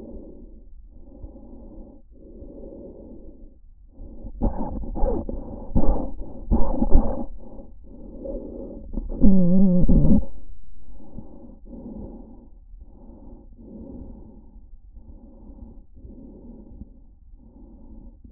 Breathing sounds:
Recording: lung sounds by stethoscope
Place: trachea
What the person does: quiet breathing, then cough and speech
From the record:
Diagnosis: asthma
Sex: female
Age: 65 years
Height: 157 cm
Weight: 70.2 kg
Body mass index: 28.5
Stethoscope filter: diaphragm mode

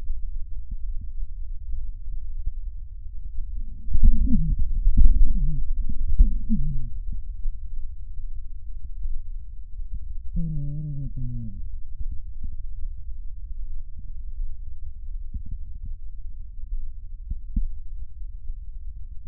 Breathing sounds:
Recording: lung sounds by stethoscope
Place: left posterior basal chest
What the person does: quiet breathing, then cough and speech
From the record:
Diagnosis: COPD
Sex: male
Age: 64 years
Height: 166 cm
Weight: 92.7 kg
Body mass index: 33.6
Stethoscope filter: bell mode

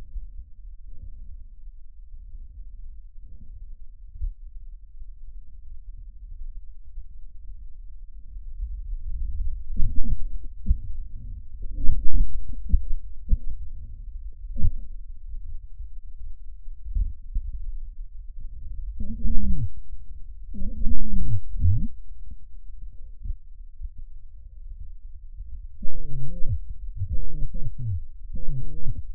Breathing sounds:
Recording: lung sounds by stethoscope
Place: trachea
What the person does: quiet breathing, then cough and speech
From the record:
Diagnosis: COPD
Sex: male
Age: 75 years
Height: 182 cm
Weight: 98 kg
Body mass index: 29.6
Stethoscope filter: bell mode

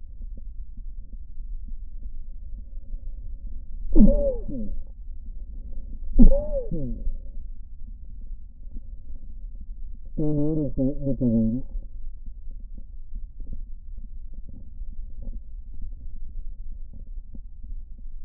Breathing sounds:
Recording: lung sounds by stethoscope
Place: left posterior basal chest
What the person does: quiet breathing, then cough and speech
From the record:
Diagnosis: COPD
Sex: male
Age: 57 years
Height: 165 cm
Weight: 85.7 kg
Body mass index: 31.5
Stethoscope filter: diaphragm mode

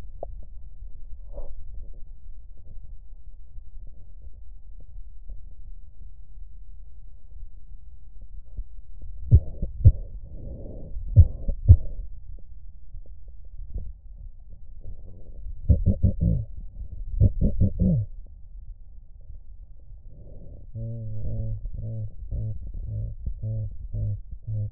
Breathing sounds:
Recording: lung sounds by stethoscope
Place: left posterior basal chest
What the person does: quiet breathing, then cough and speech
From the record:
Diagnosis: none (healthy)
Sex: male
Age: 23 years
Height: 185 cm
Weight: 93 kg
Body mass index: 27.2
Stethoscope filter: extended mode

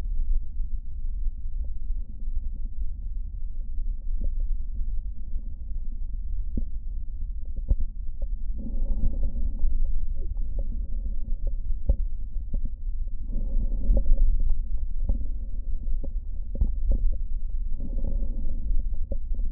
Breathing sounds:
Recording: lung sounds by stethoscope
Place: left posterior basal chest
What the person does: quiet breathing, then deep breathing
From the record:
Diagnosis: COPD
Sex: male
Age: 81 years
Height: 166 cm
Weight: 98.7 kg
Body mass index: 35.8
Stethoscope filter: diaphragm mode

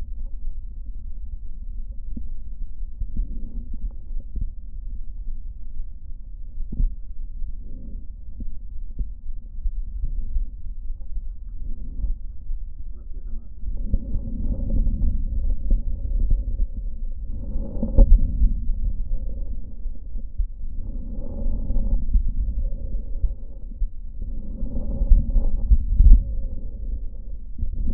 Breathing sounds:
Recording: lung sounds by stethoscope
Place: left posterior apical chest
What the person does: quiet breathing, then deep breathing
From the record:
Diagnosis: pulmonary infection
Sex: male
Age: 86 years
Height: 165 cm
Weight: 65 kg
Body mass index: 23.9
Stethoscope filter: diaphragm mode

